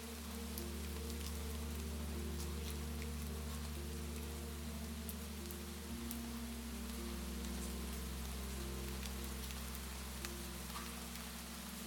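A gentle melody blends with steady rain, the low sustained tones holding long notes that shift around six seconds into a new chord. Above them the rain patters densely and evenly, with scattered brighter drop clicks throughout.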